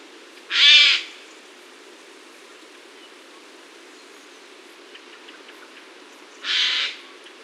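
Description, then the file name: Eurasian jay giving two harsh, rasping screeches about six seconds apart, each about half a second long, over a steady low background hiss. "garrulus glandarius"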